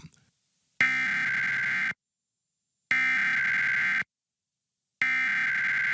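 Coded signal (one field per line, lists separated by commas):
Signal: Emergency Alert System (SAME) tones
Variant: header bursts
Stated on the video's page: Required Monthly Tests relayed by a NOAA Weather Radio station, recorded from a Reecom R-1630 weather radio, and by a TV station.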